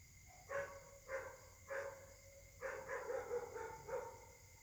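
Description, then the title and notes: Dog barking, three spaced single barks then a quicker run of barks, steady faint hum in the background. Several dogs barking at night in Caltex, 3 Mares, Réunion; recorded on a Samsung Galaxy S8 smartphone with a partly clogged left microphone. "Caltex, 3 mares, Réunion - h08. La nuit s'annonce difficile pour les habitants: concert de chiens"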